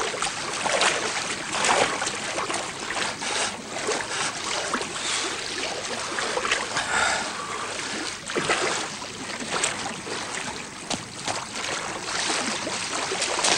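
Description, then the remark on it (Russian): Continuous, fairly loud splashing and churning of water, with irregular bursts as a man wades through shallow water to the shore, pulling another person along; no voices. “Подплыли к берегу, Иван идет по мелководью, тянет за собой человека.”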